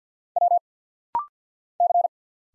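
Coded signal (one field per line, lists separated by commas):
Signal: Morse code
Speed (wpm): 50 wpm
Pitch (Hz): 700 Hz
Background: none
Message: W C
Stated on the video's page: Rapid-fire Morse drill at 50 wpm of single letters, numbers, punctuation and prosigns; each sent in Morse, spoken, then sent again.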